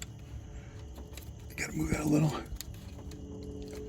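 A wiring harness connector is adjusted slightly by hand at the alternator terminal on a Dodge Ram truck while someone talks. Faint handling noises and small taps are heard over low background hum. Nothing has seated or clicked yet by the end of the clip.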